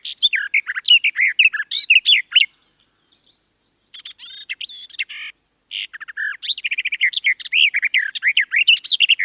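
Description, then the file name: Garden warbler singing a long, hurried warble, pausing briefly, adding a few scratchy notes, then resuming the rapid melodious stream. "Canto do felosa das figueiras"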